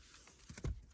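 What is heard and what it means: A plastic cruise control switch module, with its wiring routed through it, is gently pushed toward its recess in a new forged carbon fiber steering wheel on a 5th gen Toyota 4Runner. Soft tapping and handling noises build to a brief sharp knock at about 0.6 s and a louder low thump just after. Nothing has seated or clicked into place yet.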